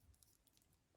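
A plastic hand from a Master Grade Gundam Exia Ignition Mode model kit is handled and brought toward the ball joint on the kit's arm, giving soft plastic rustles and a few faint ticks, including a brief sharp tick at 0.2 s. Nothing has seated or clicked yet; the clip ends just before the hand is pushed home onto the joint.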